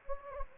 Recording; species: mosquito wingbeat signal from an infrared sensor; Anopheles gambiae